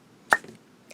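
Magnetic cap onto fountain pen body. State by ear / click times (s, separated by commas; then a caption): seated / 0.3 s. The magnetic cap of a Monteverde Ritma metal fountain pen is closed back onto the pen body, and the magnet pulls it home with a loud, sharp pop at 0.3 s. Faint softer clicks follow around 0.5 s and 0.9 s. The cap is seated.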